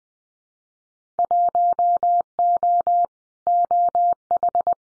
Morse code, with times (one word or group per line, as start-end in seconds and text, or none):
1.2-3.1 1O
3.5-4.7 OH